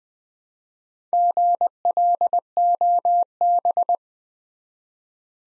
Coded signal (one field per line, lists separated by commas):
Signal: Morse code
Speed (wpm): 20 wpm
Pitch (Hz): 700 Hz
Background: none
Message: GLOB